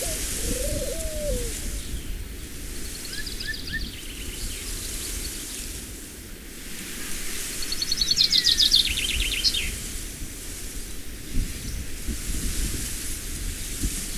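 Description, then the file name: Bird calls: a low slurred whistle early on, then two rapid rattling trills several seconds apart, all over constant breezy noise. Evening breeze, nature soundscape. "ecologie sonore arte-onf nature - brise du soir oiseaux"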